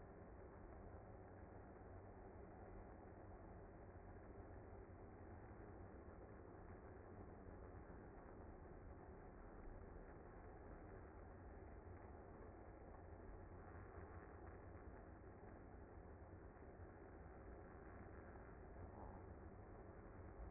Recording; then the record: honeybee colony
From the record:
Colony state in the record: active